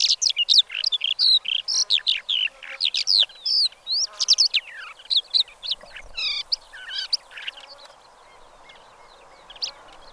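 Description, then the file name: Black lark song: a fast, dense stream of varied high chirps, trills and slurred whistles, loud at first and thinning toward the end. "suara black lark"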